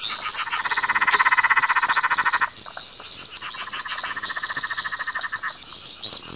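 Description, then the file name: Peron's tree frog giving long rapid pulsed trills, one running about two and a half seconds and a second after a short pause, over a constant high background chorus. "litoria peronii"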